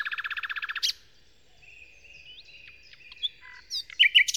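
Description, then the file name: Common nightingale song: a fast throbbing trill of repeated notes, a soft faint pause, then sharp clicking notes and a loud burst. Song, Kent, 2008. "nightingale-song-recorded-in-kent-2008-by-phil-riddett"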